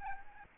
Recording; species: mosquito wingbeat signal from an infrared sensor; Aedes albopictus